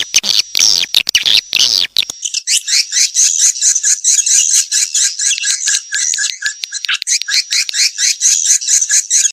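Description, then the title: Swiftlet lure call: loud, rapid, buzzy high chirps in a steady pulsing series, preceded by a denser burst of clicking chatter in the opening two seconds. Lure call used to attract swiftlets. "Suara Walet. Suara Panggil Walet"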